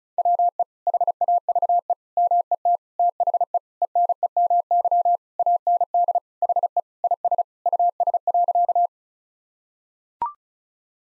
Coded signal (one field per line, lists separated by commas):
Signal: Morse code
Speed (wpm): 36 wpm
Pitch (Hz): 700 Hz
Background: none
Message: WE HAVE MET THE ENEMY AND HE IS US.